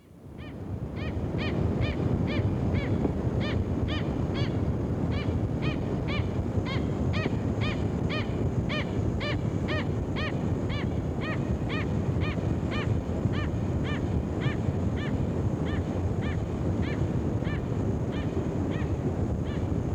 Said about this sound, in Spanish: Hay gaviotas también. Se deslizan sobre las aguas continentales, en los ríos de las sabanas y las llanuras.